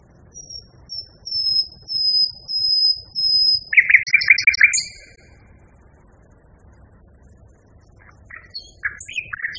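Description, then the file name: Common nightingale song with drawn-out pure whistles repeated about every half second, a sudden harsh trill, pause, then varied quick chirping notes. Nightingale song variation. "kicauan-nightingale-b-variasi 5-omkicau"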